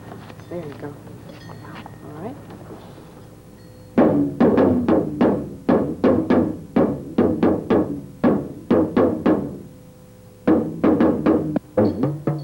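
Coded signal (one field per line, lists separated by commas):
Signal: talking drum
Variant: Yoruba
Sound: brief talk, then rapid resonant drum strokes with low ringing pitch, irregular rhythm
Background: speech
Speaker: talking drum is the oldest means of communication in Africa one drummers released a message to another drummer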